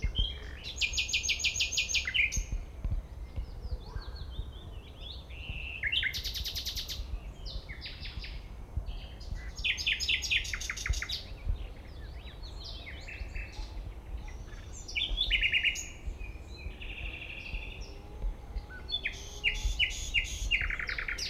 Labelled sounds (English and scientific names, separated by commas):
Common Nightingale (Luscinia megarhynchos) song